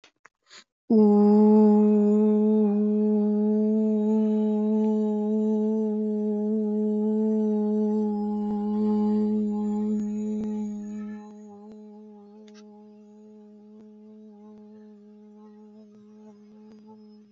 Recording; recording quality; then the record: sustained vowel as in boot; excellent, no background noise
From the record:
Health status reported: healthy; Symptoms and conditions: none ticked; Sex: female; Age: 22 years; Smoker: not ticked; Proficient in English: yes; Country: India